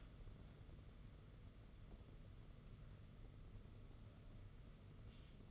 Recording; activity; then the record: daily activity, microphone in the room; wipe stove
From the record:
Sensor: 4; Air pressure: 995.3 hPa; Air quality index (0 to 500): 214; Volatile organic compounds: 248 ppm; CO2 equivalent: 4356 ppm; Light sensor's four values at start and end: 23/72/27/29 and 24/74/28/31